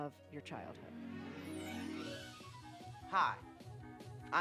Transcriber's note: Soundbite from Party Monster